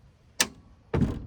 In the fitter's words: When you want to put the bed back away, lift this piece back up until it clicks,